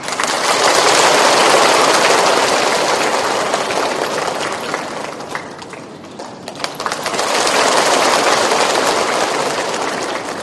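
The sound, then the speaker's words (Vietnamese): Loud, sustained applause from a large crowd welcoming a Buddhist follower, a dense wash of clapping that dips briefly in the middle before swelling back up to full strength with no voices. “Xin quý vị hãy cho một tràng pháo tay thật lớn để chào đón Phật tử”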